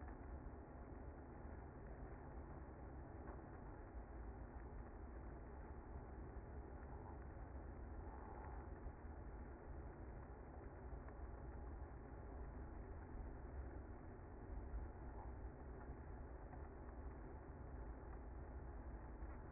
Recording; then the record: honeybee colony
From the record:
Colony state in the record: active